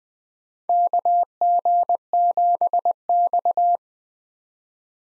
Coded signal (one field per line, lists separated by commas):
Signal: Morse code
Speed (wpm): 21 wpm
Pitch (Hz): 700 Hz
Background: none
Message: KG7X